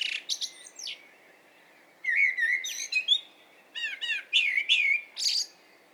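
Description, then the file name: Common blackbird singing: mellow warbled notes and high scratchy twitters in quick bursts, with a short pause before a busier second half. "Turdus merula"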